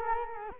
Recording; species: mosquito wingbeat signal from an infrared sensor; Culex quinquefasciatus